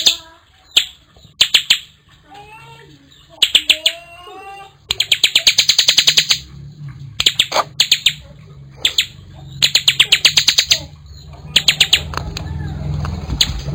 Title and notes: Kicau Ciblek new - putri sherin. kumpulan suara burung ciblek gacor dan anakan